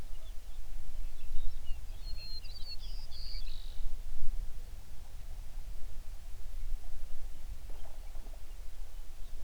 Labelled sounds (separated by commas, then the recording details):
songbird
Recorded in the Prudhoe Bay oil fields, Alaska, on 11 June 2019 at 05:09
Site 21